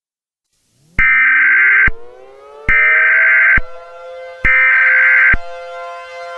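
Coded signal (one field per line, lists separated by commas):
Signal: Emergency Alert System (SAME) tones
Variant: header bursts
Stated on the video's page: Fictional EAS scenario, not a real alert.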